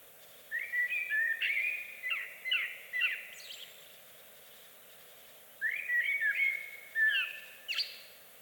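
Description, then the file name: Eurasian blackbird giving two fluty warbled phrases with sliding notes and thin high twitter at the end, a quiet gap between them over soft background noise. "Amsel Bird Blackbird"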